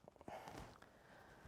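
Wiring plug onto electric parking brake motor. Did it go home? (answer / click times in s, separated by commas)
partly / 0.5 s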